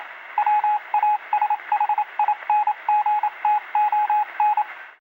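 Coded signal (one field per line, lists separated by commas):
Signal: Morse code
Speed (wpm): 27 wpm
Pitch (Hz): 840 Hz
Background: radio noise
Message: WASHINGTON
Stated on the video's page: Morse code received over a walkie-talkie, sound effect.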